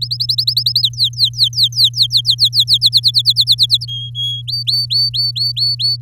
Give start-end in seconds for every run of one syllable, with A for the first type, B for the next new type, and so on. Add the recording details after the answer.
0.01-0.82 A, 0.83-2.78 B, 2.81-3.85 C, 3.88-4.42 D, 4.47-5.96 E. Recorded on 7 May 2018 at 19:29. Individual llb16